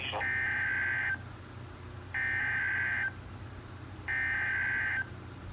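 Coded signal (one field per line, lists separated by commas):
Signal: Emergency Alert System (SAME) tones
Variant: header bursts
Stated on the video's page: Complete EAS activation for a severe thunderstorm watch.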